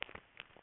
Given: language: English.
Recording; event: throat vibration sensor signal played as sound; swallow